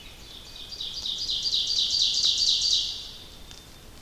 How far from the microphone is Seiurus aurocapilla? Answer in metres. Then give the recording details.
about 35 m. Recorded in boreal forest in Alberta, Canada, on 29 May 2016 at 05:56. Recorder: SongMeter 3, array SBT-3-49. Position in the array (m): 32 m, 162 m. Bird 15